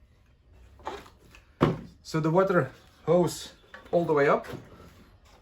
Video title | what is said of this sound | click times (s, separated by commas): What to inspect before usage on your concrete saw? | zwarte gedeelte helemaal naar binnen en dan vergrendelt het zichzelf | 1.6 s